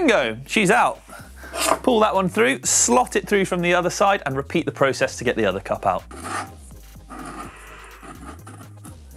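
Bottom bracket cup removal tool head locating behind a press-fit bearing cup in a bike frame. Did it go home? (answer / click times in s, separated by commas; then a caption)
yes / 8.9 s. Someone talks while a press-fit bottom bracket removal tool is pulled through the bottom bracket shell of a bike frame from the other side, with faint rubbing and scraping heard. At 8.8 s its spring-loaded head gives a sharp click as it seats behind the second bearing cup, ready for hammering out.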